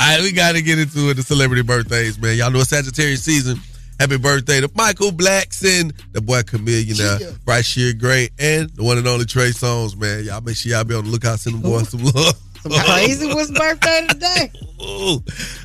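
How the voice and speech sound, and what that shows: One adult man, a morning radio show host, speaks in a relaxed, lively broadcast style, reading off a list of celebrity birthdays. His speech is fluent and clearly articulated, with natural pitch movement and only brief pauses. A steady low music bed plays underneath. This is ordinary speech.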